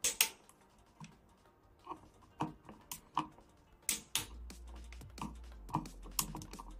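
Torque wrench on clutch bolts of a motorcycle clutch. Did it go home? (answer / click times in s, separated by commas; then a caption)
yes / 0.1 s, 3.9 s, 6.2 s. A torque wrench tightens the clutch cover/pressure plate bolts on a supermoto anti-dribble clutch in a cross pattern, with sharp paired ticks as it reaches its setting. The wrench clicks at about 0.1, 3.9 and 6.2 seconds, with softer ticks in between. A low steady hum runs under the second half.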